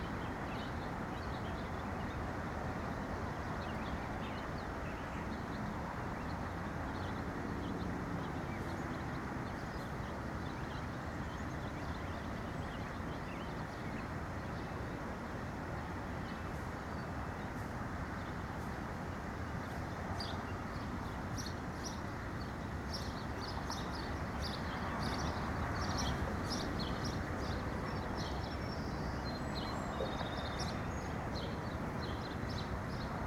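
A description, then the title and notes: Neighborhood sounds: a steady, dense traffic-like rumble throughout, with thin, high bird chirps appearing now and then in the second half. Nature in the Neighborhood White Noise. Nature sounds of your neighborhood.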